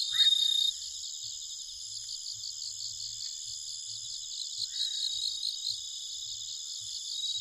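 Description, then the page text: Bell cricket giving a bright ringing note at the start, then a steady high chorus of pulsing insects, with a short lower chirp twice in the background. Recorded at night, 21:48 on 1 October 2011, in Nikko, Japan. "suzumusi 20111001-2148. Homoeogryllus japonicus [Sounds -Nikko Today-]"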